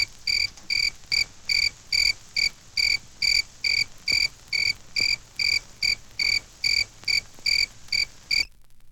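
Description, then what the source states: Cricket chirping: short, high, even pulses repeated a little more than twice a second, stopping abruptly shortly before the end, leaving quiet background. A single cricket chirping.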